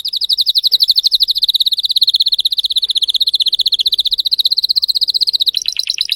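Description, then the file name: Canary (Spanish Timbrado): canary song: a steady, rapid rolling trill of bright notes, changing to a different trill near the end. Song of a Spanish Timbrado canary, called 'canário belga' in the Portuguese source. "canto do canario belga timbrado espanhol"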